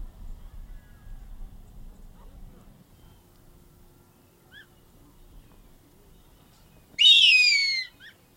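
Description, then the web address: Harpy eagle uttering one loud, piercing whistled scream that drops steadily in pitch over about a second, after a long quiet stretch with a faint low rumble at the start. South America, eastern lowlands. "Natures Songs S America Eastern Lowlands. Harpy Eagle"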